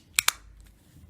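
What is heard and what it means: The plastic half of a Ford Mondeo Mark 3 car key fob shell is pressed back into the other half after checking that the battery is good and needs no replacement. Two sharp plastic snaps are heard at 0.2 s and 0.3 s, followed by a faint tick near 0.6 s. The fob shell halves snap together and are seated.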